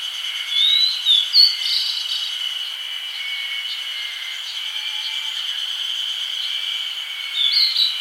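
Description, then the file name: Grey bunting calls, a few short thin notes near the start and again at the end, over a steady high insect drone. "Emberiza variabilis"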